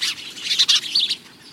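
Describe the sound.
House sparrow chirps, a quick series of short bright notes, some close together, fading out toward the end.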